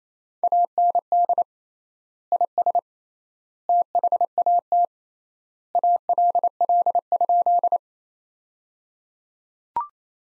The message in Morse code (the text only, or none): AND IS THAT ALL?